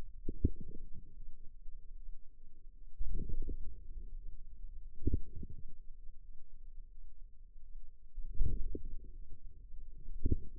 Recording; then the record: forearm muscle sounds (acoustic myography)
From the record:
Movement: inward rotation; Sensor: system 2, bracelet of six BSWA MPA416 microphones around the upper forearm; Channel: 1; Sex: female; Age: 23 years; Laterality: right